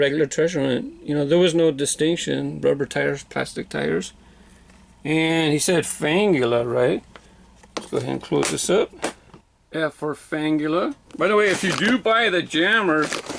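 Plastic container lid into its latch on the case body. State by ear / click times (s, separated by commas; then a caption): seated / 7.8 s. Someone talks while closing the plastic lid of a Jammers loose-car storage case with a toy car inside. At 7.8 s the lid gives a sharp click as it snaps into its latch on the case body, and the case is shut, since that click is what shows it is properly closed.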